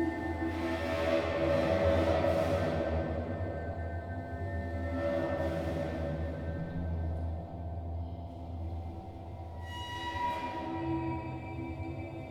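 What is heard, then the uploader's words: Sound art performed in an old concrete munitions magazine: sustained humming tones with low drones and swelling bright sweeps around two, five and ten seconds. Sound art being performed inside one of Mare’s old concrete munitions storage magazines leftover from World War II.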